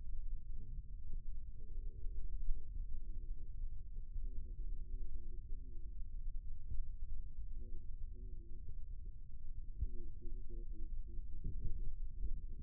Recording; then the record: forearm muscle sounds (acoustic myography)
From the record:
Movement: rest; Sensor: system 2, bracelet of six BSWA MPA416 microphones around the upper forearm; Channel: 4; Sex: male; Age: 22 years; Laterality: right